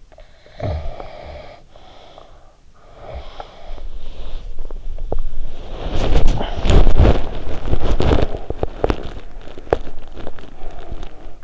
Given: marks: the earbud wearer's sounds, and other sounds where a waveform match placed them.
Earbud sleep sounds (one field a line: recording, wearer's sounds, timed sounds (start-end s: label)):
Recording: sounds in sleep by an in-ear microphone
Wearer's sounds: snoring breath, breath, body movement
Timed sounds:
0.00-2.62 s: snoring breath
2.73-5.04 s: breath
4.87-11.44 s: body movement